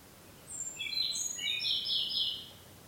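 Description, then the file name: Ryukyu robin: high thin whistle leading into a jumbled, rapidly trilled sequence of lower notes lasting about two seconds. Recorded 5 May 2013. "130505 akahige"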